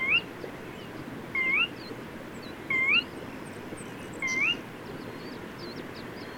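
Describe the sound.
Bird sounding four upslurred whistles roughly every one and a half seconds, accompanied by faint high chirps and a brief scratchy noise, over a steady hiss.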